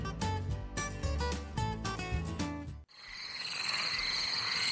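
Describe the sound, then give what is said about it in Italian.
A short stretch of music cuts off abruptly, replaced by a dense, steady chorus of many frogs croaking together in a swimming pool in Bibbona, a constant high buzzing trill with no voices. “Oh, la piscina è piena di rane.”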